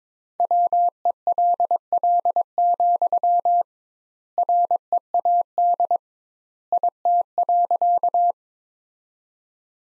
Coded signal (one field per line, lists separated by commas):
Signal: Morse code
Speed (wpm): 22 wpm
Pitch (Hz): 700 Hz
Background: none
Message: WELL, READ IT.